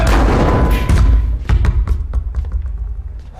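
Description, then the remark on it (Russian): A basketball is thrown against a wall, giving heavy low thuds followed by a series of quicker, lighter bounces and taps that fade out over a few seconds. “Владимир бросает мяч об стену.”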